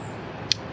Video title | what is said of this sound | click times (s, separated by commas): How To Change Spark Plugs On Your Audi Q5 2.0 | click there we go | 0.5 s